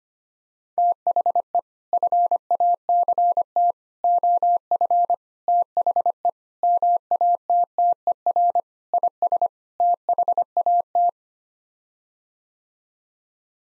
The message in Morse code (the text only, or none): THE FACT OF THE MATTER IS THAT